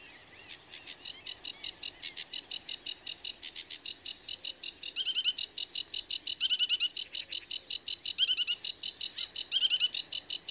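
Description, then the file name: Sedge warbler song: steady rasping chatter that turns into repeated trilled phrases, delivered quickly and continuously throughout. "Rietzanger"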